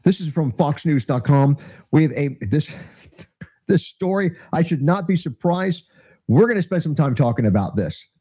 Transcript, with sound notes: This is from foxnews.com. We have a, this (laughs) , this story I should not be surprised, we're gonna spend some time talking about this.